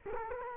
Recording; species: mosquito wingbeat signal from an infrared sensor; Culex quinquefasciatus